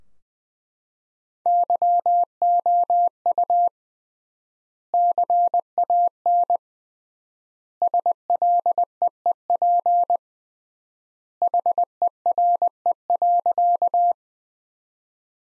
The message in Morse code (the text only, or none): YOU CAN SLEEP HERE.